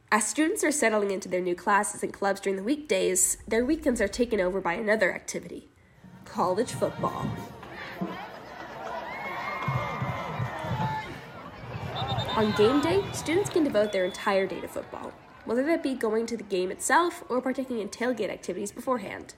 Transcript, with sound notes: AS STUDENTS ARE SETTLING INTO THEIR NEW CLASSES AND CLUBS DURING THE WEEKDAYS, THEIR WEEKENDS ARE TAKEN OVER BY ANOTHER ACTIVITY: COLLEGE FOOTBALL. [Nat sound: cheering from the football stands, various northwestern gameday sounds from TV broadcast] ON GAMEDAY, STUDENTS CAN DEVOTE THEIR ENTIRE DAY TO FOOTBALL, WHETHER THAT BE GOING TO THE GAME ITSELF OR PARTAKING IN TAILGATE ACTIVITIES BEFOREHAND.